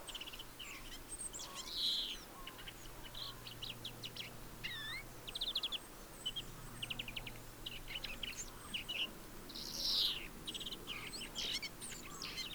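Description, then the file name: European greenfinch calls, scattered chirps and rapid trilled runs with two loud buzzy wheezes, one early and one late, over a low droning background. "Chloris chloris"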